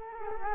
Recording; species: mosquito wingbeat signal from an infrared sensor; Culex quinquefasciatus